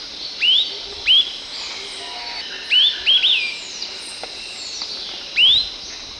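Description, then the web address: Long-tailed tyrant calls: short, thin upslurred whistles, single or paired, given at irregular intervals over a steady high hum. Ecuador. "Birds of Ecuador Long-tailed Tyrant"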